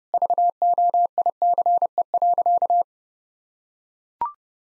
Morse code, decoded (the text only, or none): VOICE.